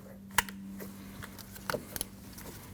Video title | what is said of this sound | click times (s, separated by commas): How to Replace Front Left Window Regulator 2012-2021 Nissan NV2500 | First you want to plug it in, listen for the click. | 0.4 s